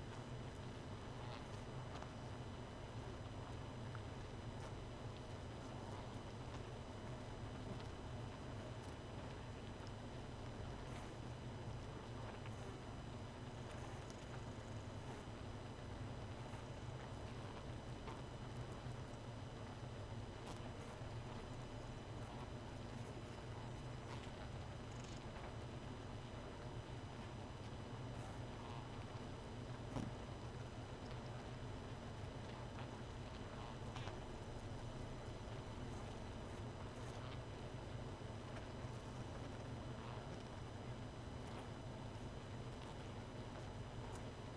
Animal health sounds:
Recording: honeybee colony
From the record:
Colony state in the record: missing queen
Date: 31 May 2018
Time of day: 1:51

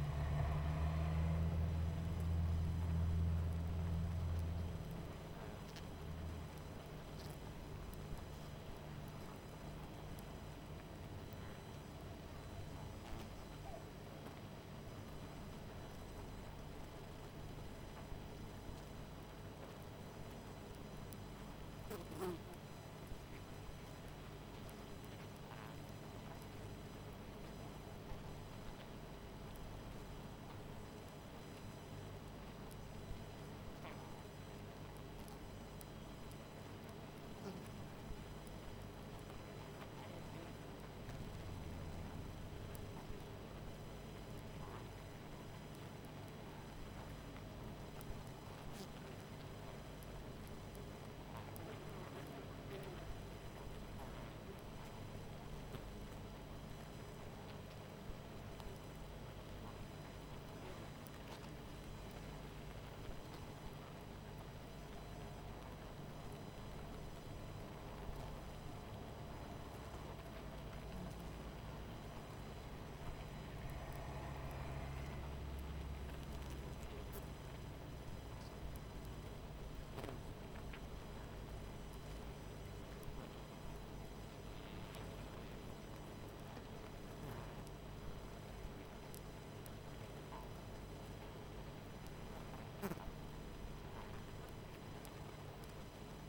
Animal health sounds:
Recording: honeybee colony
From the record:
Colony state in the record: missing queen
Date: 14 July 2017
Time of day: 21:10

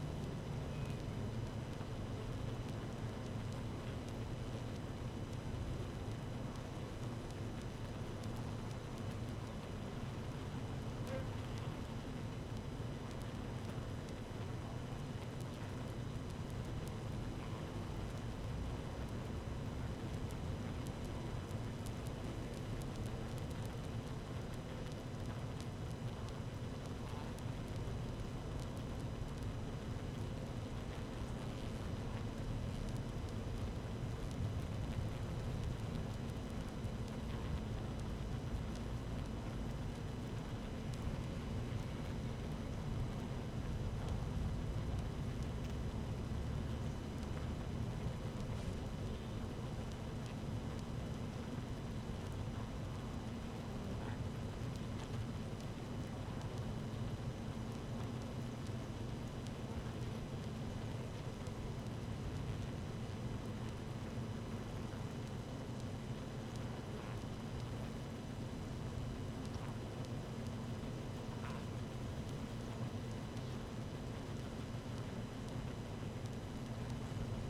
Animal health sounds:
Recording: honeybee colony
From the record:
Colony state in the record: active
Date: 12 June 2018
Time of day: 13:37

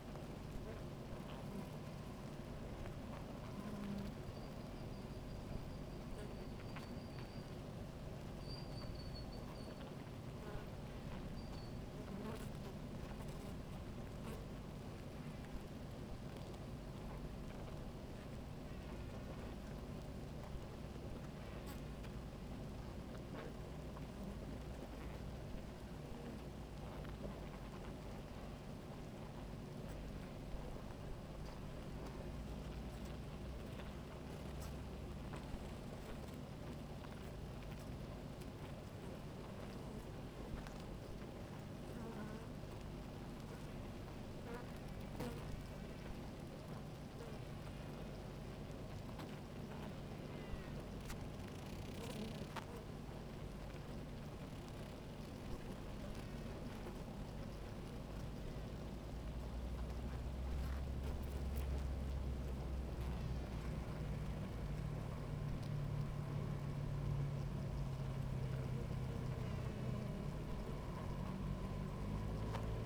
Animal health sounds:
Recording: honeybee colony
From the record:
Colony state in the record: active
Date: 28 July 2017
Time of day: 17:07

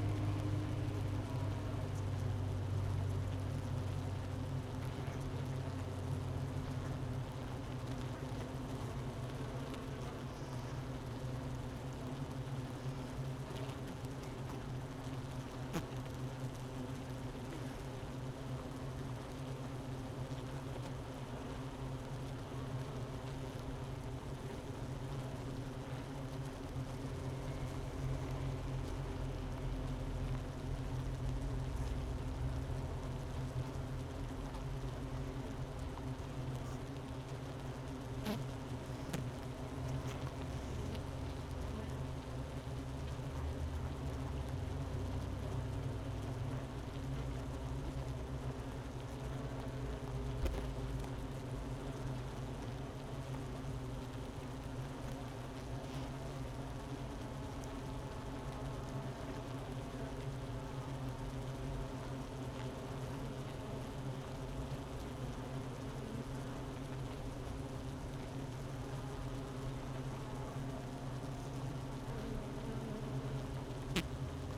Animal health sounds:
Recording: honeybee colony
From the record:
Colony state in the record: missing queen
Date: 31 May 2018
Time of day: 10:45

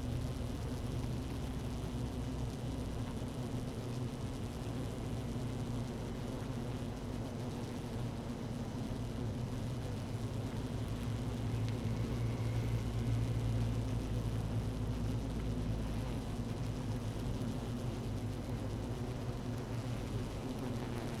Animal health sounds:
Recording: honeybee colony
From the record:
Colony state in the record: active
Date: 12 June 2018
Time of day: 17:14

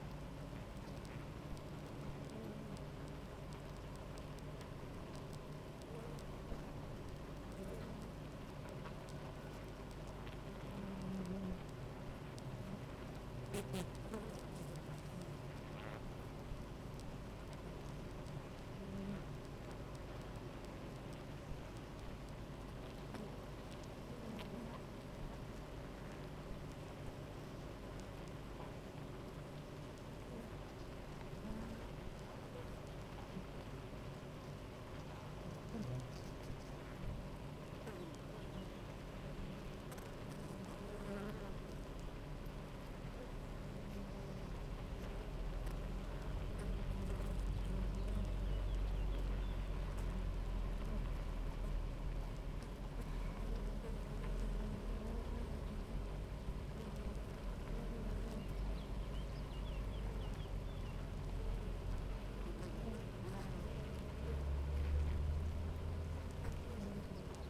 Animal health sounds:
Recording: honeybee colony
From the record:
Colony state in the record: active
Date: 28 July 2017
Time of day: 9:56

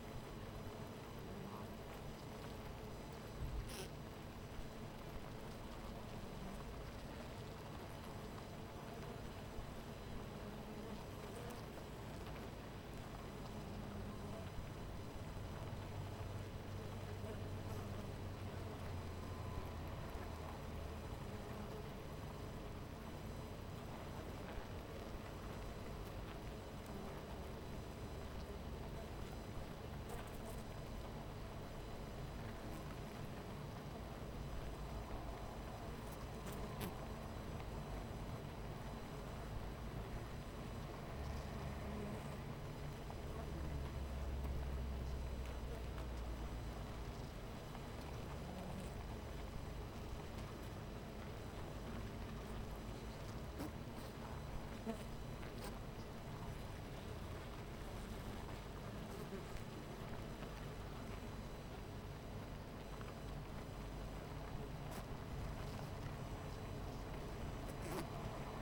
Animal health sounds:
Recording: honeybee colony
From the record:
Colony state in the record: missing queen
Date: 14 July 2017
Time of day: 12:46

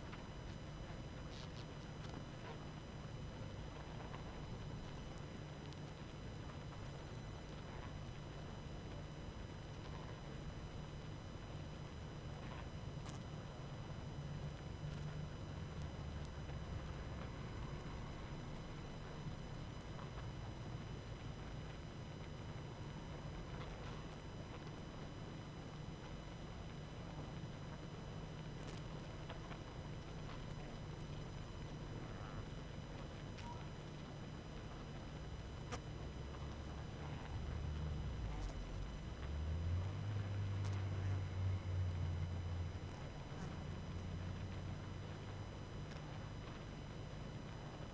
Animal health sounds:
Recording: honeybee colony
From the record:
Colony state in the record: active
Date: 12 June 2018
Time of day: 21:46

